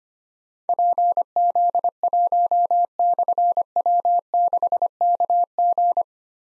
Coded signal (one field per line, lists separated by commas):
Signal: Morse code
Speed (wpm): 25 wpm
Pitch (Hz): 700 Hz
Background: none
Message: PZ1/W6KG